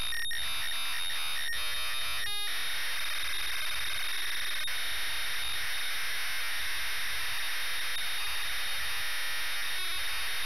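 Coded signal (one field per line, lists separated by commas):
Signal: ZX Spectrum tape loading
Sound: continuous harsh buzzing screech of data with a few short dropouts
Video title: WEST BANK (ZX SPECTRUM) # INCLUDING FULL TAPE LOADING # GAMEPLAY #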